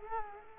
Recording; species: mosquito wingbeat signal from an infrared sensor; Culex quinquefasciatus